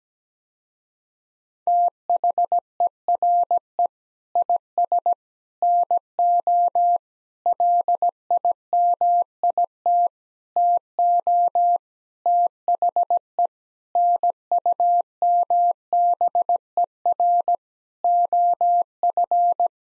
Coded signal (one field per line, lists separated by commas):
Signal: Morse code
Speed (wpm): 17 wpm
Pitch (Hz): 700 Hz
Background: none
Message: THERE IS NO LIMIT TO THE NUMBER OF